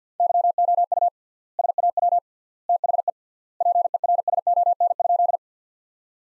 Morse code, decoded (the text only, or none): YOU SAW THE PERSON?